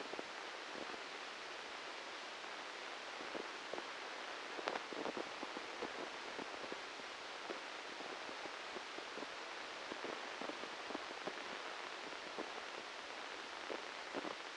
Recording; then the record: brain microelectrode recording played as sound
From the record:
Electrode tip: inside the subthalamic nucleus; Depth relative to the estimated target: 1 mm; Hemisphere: left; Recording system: NeuroSet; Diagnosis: Parkinson's disease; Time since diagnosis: 13 years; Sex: male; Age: 63 years